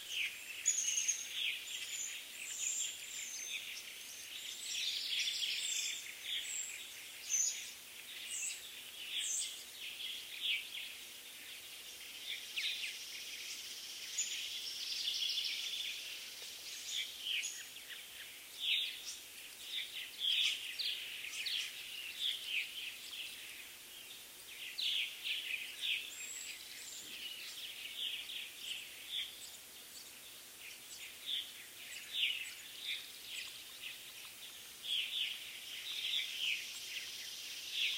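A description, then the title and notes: A dense summer dawn chorus of chirping birds fills the whole recording, with rapid high, bright calls overlapping continuously at a steady level. A constant high insect-like hiss underlies the birdsong, while the low end stays quiet and empty. Summer Morning Birds & Bugs. Mourning doves, cicadas, and chirping birds during a July sunrise.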